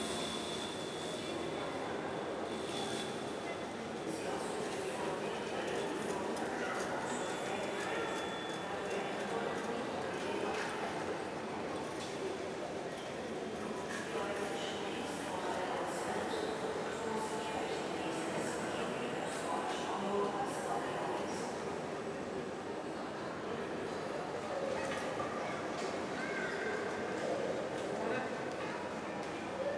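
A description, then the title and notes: A busy airport hall fills with a steady, dense wash of crowd noise and overlapping voices, none clearly distinct. The level holds even throughout, with a low rumble underneath and brief clicks and knocks scattered across the thirty seconds. Busy European Airpoprt.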